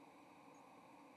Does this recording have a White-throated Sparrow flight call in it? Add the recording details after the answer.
no. Another species' flight call is heard. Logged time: 09:09 on 30 October 2014